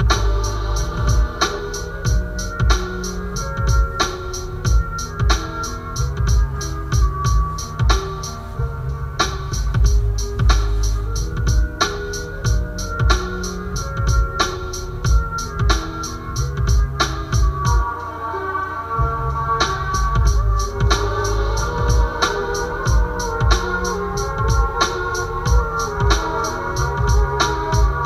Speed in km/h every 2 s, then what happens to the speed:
7, 5, 0, 0, 0, 0, 0, 0, 0, 0, 0, 0, 0, 0.
0-4 slows to 0. 4-28 standing.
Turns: none.